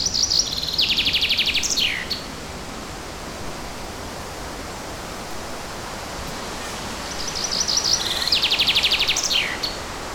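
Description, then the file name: Bird song: two matching rapid trilled phrases at the start and end, each finishing with a falling flourish, over a steady rushing background noise. Forest setting. "Forest Ambient With A Birdsong"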